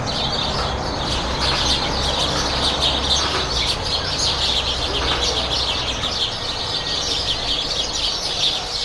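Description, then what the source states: Sparrows chattering steadily in a thick mass of high chirps, with a low rumbling drone underneath the whole time. Loud sparrows at the port of Corumbá, a border town with Bolivia.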